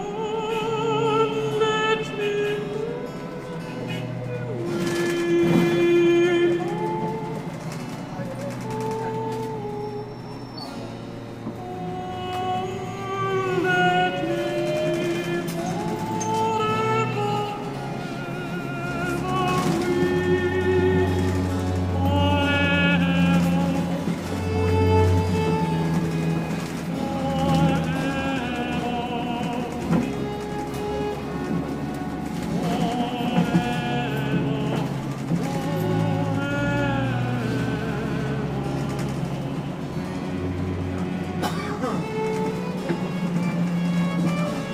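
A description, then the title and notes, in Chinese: Riding a route 127 public bus in Hefei: a steady, low engine rumble continues throughout at an even level. Voices and pitched announcement-like sounds rise and fall above it, with occasional sharp knocks and rattles, one near six seconds. 原声-合肥-127路公共汽车。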